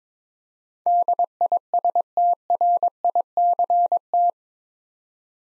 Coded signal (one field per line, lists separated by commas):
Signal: Morse code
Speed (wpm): 23 wpm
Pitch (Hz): 700 Hz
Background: none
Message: DISTRICT